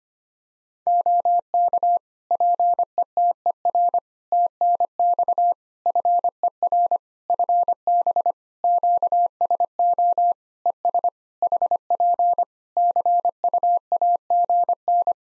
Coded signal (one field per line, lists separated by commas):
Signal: Morse code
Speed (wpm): 25 wpm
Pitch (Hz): 700 Hz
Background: none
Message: OK PETER TNX FER FB QSO ES HP CUAGN